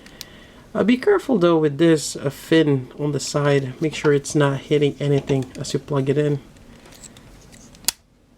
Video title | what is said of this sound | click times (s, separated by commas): Robot Spirit Damashii Dragonar 2 Custom | There we go, and there is a click there, or a pop. | 7.9 s